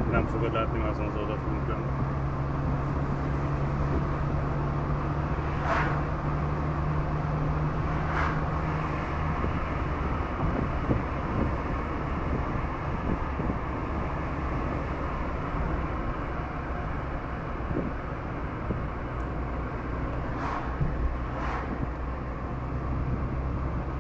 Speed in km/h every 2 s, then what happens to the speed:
55, 57, 59, 61, 63, 58, 58, 57, 49, 48, 50, 53.
0-8 speeds up to 63. 8-17 slows to 48. 17-24 steady at about 50.